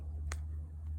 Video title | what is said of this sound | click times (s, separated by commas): Prelude vss speed sensor went out | You'll hear it click. | 0.3 s